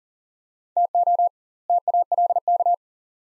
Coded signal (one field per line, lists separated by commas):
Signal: Morse code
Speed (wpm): 39 wpm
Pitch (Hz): 700 Hz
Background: none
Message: TO TALK